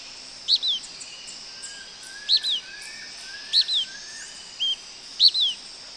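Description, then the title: Blackish pewee repeating crisp high two-part calls that drop in pitch, plus one brief clipped note, over steady insect buzzing and faint lower whistles. Nominate subspecies Contopus nigrescens nigrescens. "LuckyPassaro Completos2Sama. Blackish Pewee"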